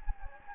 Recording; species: mosquito wingbeat signal from an infrared sensor; Anopheles gambiae